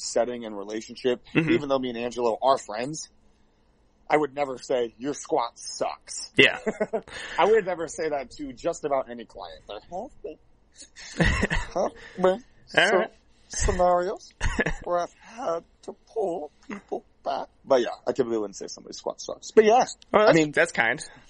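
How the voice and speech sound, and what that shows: A man talks in a relaxed, fluent conversational voice at a moderate pitch, with natural pauses and brief backchannel replies such as "mm-hmm" and "yeah." Ordinary connected adult speech, clearly understandable.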